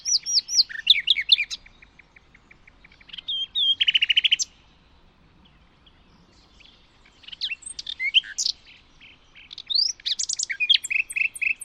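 Bird song in high, varied phrases of thin whistles, quick slurred notes and short trills, sung in bursts separated by a few seconds of quiet.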